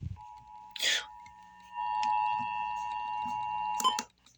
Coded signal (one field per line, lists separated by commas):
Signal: Emergency Alert System (SAME) tones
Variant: 853 and 960 Hz attention tone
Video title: SVR ON WKML FM EAS #2419